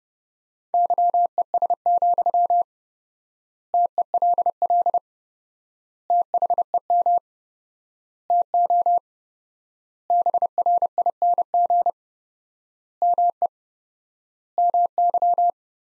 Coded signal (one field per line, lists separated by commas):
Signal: Morse code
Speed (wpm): 32 wpm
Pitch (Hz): 700 Hz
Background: none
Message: YES, TELL THEM TO BRING ME MY